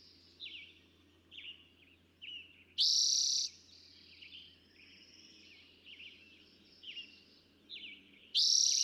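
Eastern towhee song, a loud trilled burst early and another at the end, with short repeated chirps between.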